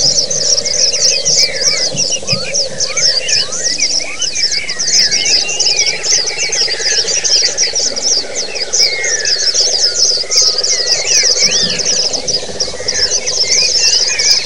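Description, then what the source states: Massed white-eye song, a constant bright tangle of high chirps and twittered phrases from many birds, with a steady low hum underneath. Massed chorus of many white-eyes ('ombyokan'), played as a therapy and training recording for caged birds (masteran).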